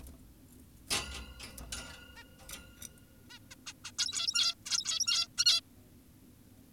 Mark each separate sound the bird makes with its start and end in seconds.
2.16-2.24, 3.30-3.39, 3.51-3.55, 3.67-3.73, 3.85-3.92, 3.99-4.55, 4.66-5.28, 5.38-5.45, 5.46-5.61